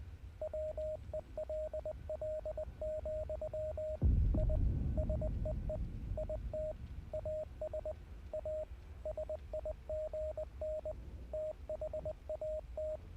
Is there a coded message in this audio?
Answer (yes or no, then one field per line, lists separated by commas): yes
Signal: Morse code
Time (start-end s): 0.4-13.0 s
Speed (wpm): 19 wpm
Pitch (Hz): 620 Hz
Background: radio noise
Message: WELL, I SEE IT AS A SIGN THAT